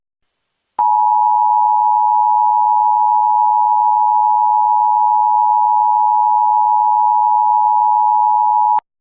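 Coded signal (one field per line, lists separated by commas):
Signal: Emergency Alert System (SAME) tones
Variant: 853 and 960 Hz attention tone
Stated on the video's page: Mock EAS alert audio made with iMovie.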